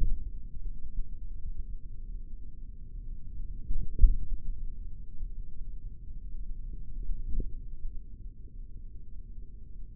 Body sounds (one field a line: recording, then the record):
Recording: forearm muscle sounds (acoustic myography)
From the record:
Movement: tripod grip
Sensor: system 3, bracelet of six PUI Audio POM-2738L microphones around the upper forearm, with dedicated amplification and filtering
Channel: 6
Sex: male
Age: 56 years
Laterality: right